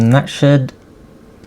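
Someone talks briefly while a magazine release is being pushed into the polymer frame of a Glock 19 kit pistol during assembly, followed by quiet handling noise. Nothing has seated or clicked yet; the magazine release is handled but not yet locked into place.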